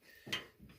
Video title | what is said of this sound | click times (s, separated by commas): How to fix a Gas Dryer that doesn't get hot | and it, boom, snaps right into place. | 0.3 s